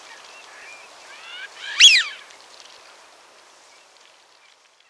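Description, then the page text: Eurasian Wigeon whistled call, a single loud whistle near two seconds, with a few softer whistles before it. "Eurasian Wigeon Calls. Quick Sounds"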